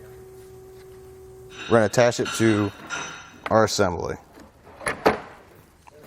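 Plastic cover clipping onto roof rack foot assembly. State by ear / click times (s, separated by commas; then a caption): seated / 4.9 s, 5.1 s. A plastic cover is pushed onto a Rhino-Rack Vortex Aero crossbar roof rack foot assembly, clipping into slots on a bar. Someone talks, then two sharp snaps sound at 4.9 and 5.1 seconds as the cover pops into place. The cover is seated.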